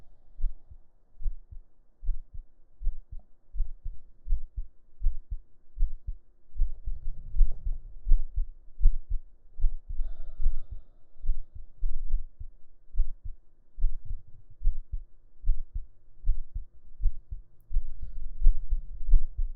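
Steady low heart thumps at about 80 a minute, heard with the ear laid on the chest under the shirt, with faint rustling and hum; a normal adult heartbeat.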